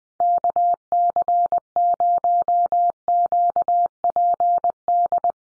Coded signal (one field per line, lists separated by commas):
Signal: Morse code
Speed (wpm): 20 wpm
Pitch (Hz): 700 Hz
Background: none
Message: KC0QPD